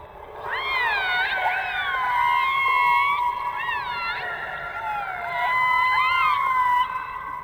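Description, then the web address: Orca pulsed calls underwater, strong harmonic tones bending up and down in short phrases, a quick downward-then-upward inflection recurring several times, steady hiss beneath. "subacuatica Orcas"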